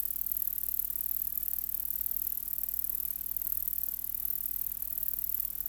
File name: Polysarcus denticauda